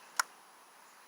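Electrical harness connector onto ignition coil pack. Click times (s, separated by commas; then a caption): 0.2 s. A wiring harness plug is pushed onto the ignition coil pack of a 2017 Hyundai 2.0 engine, and one sharp, bright click sounds at 0.2 s. The connector clicks in and is seated, with only faint background hiss afterward.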